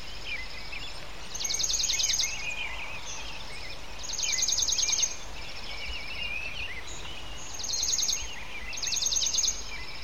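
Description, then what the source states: Bird calls: scattered short chirps and four bursts of a rapid, high, buzzy trill, each lasting about a second, the first three spaced a few seconds apart and the last two close together, over a steady low hiss. Birds chirping in a residential area of Port Perry.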